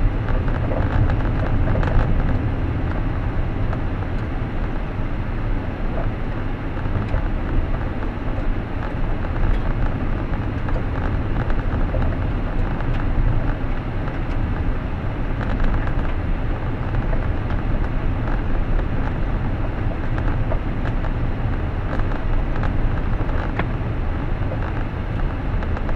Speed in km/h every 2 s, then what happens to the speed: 62, 61, 59, 59, 59, 59, 57, 56, 55, 55, 56, 55, 53.
0-26 slows to 53.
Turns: none.